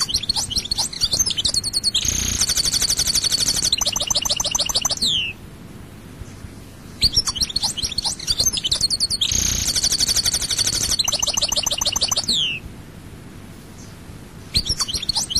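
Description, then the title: European goldfinch singing long phrases of rapid liquid twittering with buzzy trills, separated by short pauses. "Chant Chardonneret"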